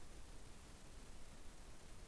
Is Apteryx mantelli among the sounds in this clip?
no